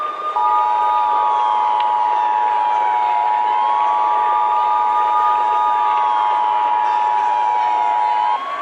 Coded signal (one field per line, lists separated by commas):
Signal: Emergency Alert System (SAME) tones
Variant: 853 and 960 Hz attention tone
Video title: [EAS SCENARIO] - Desolation